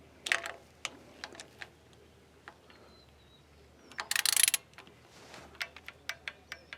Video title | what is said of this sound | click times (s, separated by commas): Kohler Command Fuel Pump Replacement | And it's clicking again. | 4.1 s